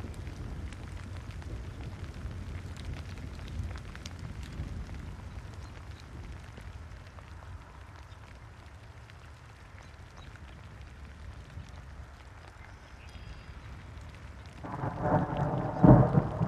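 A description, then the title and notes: Rain pours steadily over a low rumble that fades midway, then a louder swell of rumbling thunder builds near the end. Rolling Thunder and Rain in the Fields of Illinois. Experience the captivating sounds of a summer thunderstorm, captured on location in a field in the Illinois countryside.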